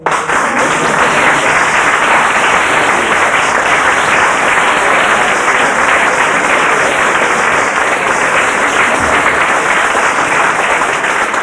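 Sustained audience applause, a dense, steady wash of many hands clapping at an even loudness throughout, with no gaps or voices standing out.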